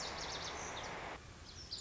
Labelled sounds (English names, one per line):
Lazuli Bunting